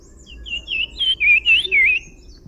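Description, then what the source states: Brown-cheeked fulvetta call, a high wavering whistled phrase of four or five linked notes over about a second and a half, with faint low background hum. Recorded February 2011 at Agumbe, Karnataka.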